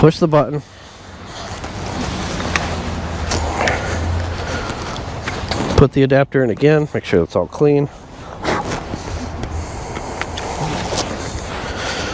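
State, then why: Seated. Someone talks while a CCS-to-NACS charging adapter is pushed back into a car's NACS charge port after being checked to make sure it's clean. The adapter clicks into place at 10.2 s and is seated.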